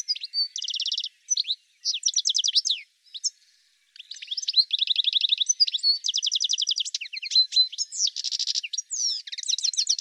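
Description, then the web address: Bird song made of repeated bursts of fast rattling trills mixed with high sweeping chirps, with short pauses before a long continuous stretch. "cianscape birddata"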